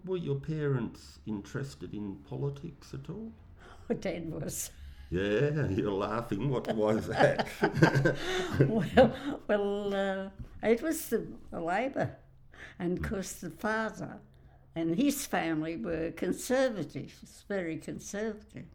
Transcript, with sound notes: Were your parents interested in politics at all?
Dad was [laughs]
Yes, and you’re laughing why is that?
Well, it was the Labor and of course the father and his family were conservatives, very conservative,